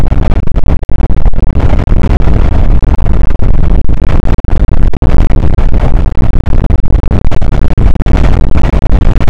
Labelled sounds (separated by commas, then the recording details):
wind
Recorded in the Prudhoe Bay oil fields, Alaska, on 8 May 2019 at 00:01
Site 24